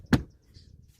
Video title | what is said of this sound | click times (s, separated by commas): Hybrid battery cooling fan service Toyota Prius | push down right around in this area feel it pop into place | 0.1 s